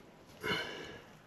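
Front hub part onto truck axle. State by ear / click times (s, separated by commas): not seated / none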